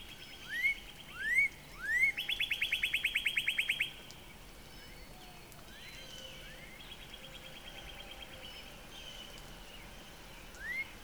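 Northern Cardinal song: three rising whistled upslurs, then a fast even trill of about fifteen notes, followed by quieter trilling and one last upslur.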